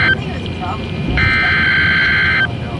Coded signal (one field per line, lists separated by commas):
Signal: Emergency Alert System (SAME) tones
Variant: header bursts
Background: speech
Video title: NOAA Weather Radio EAS #31: Severe T-Storm Warning